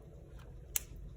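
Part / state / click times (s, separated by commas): ink converter into fountain pen section / seated / 0.8 s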